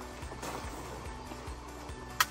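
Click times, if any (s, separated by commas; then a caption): 2.2 s. A stiff awning support arm in its mounting bracket on a trailer is pulled out firmly over a steady low background hum. At 2.2 s a single sharp, bright click rings out as the arm's joint latches into its locked position, so the arm is seated.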